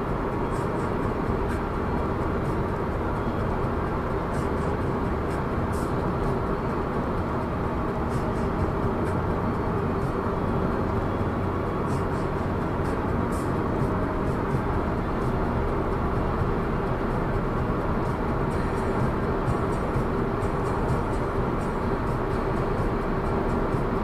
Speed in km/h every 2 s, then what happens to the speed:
105, 104, 103, 103, 104, 105, 106, 108, 109, 110, 110, 110.
0-24 steady at about 105.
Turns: none.